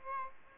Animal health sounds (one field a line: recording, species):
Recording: mosquito wingbeat signal from an infrared sensor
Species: Aedes aegypti